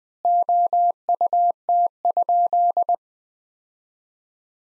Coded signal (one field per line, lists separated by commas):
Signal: Morse code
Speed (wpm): 20 wpm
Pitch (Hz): 700 Hz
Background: none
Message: OUT?